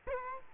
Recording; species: mosquito wingbeat signal from an infrared sensor; Culex quinquefasciatus